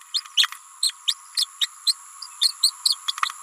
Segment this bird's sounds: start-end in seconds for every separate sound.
0.14-0.21, 0.82-0.92, 1.07-1.14, 1.37-1.46, 1.60-1.67, 1.86-1.95, 2.41-2.54, 2.62-2.72, 2.85-2.96, 3.08-3.12, 3.22-3.29